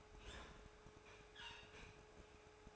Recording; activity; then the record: daily activity, microphone in the room; open fridge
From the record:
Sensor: 2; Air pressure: 1004.4 hPa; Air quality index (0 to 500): 185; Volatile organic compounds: 10 ppm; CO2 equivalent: 2222 ppm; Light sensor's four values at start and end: 4/10/4/4 and 4/10/4/4